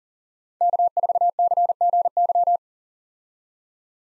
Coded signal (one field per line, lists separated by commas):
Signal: Morse code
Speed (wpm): 40 wpm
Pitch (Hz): 700 Hz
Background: none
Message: K4CGY